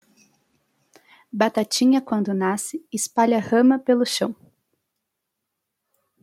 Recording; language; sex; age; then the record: short text; Brazilian Portuguese; female; 20 to 29 years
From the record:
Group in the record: control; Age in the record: 27 years